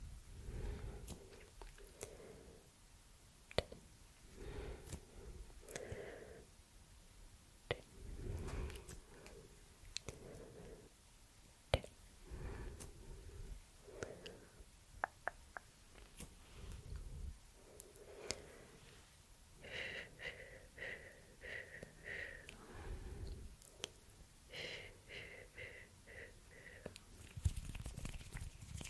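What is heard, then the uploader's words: Soft mouth sounds and tongue clicks mix with plucking and pulling hand movements. Sharp clicks snap out every second or two, between short, wet, rounded bursts that come in quick runs, busiest after the twenty-second mark, with low brushing rumbles underneath. ASMR Plucking and Pulling with hand movements + soft mouth sounds and tongue clicking for sleep.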